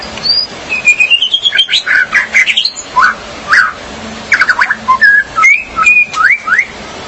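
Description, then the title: Magpie-robin or shama song of clear whistles sliding up and down, broken by short scratchy notes and brief pauses between phrases. "BM Suara Burung Murai"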